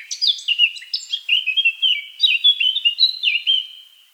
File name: Sylvia atricapilla